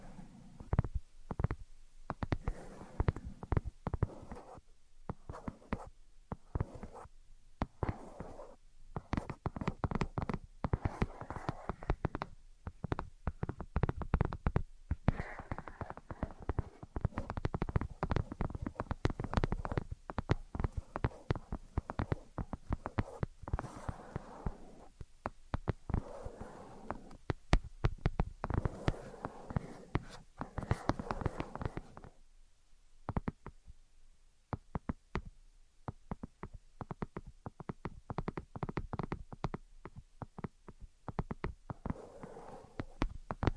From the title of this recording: Tapping and Scratching